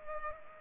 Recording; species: mosquito wingbeat signal from an infrared sensor; Culex pipiens